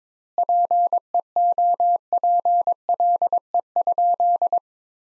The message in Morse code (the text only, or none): PEOPLE?